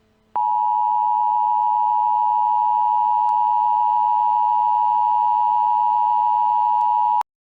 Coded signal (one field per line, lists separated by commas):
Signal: Emergency Alert System (SAME) tones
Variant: 853 and 960 Hz attention tone